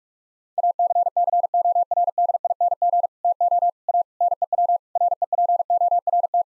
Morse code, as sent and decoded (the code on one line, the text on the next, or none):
.- -.-. -.-. --- .-. -.. .. -. --. / - --- / .- / -. . .-- / .-. . .--. --- .-. -
ACCORDING TO A NEW REPORT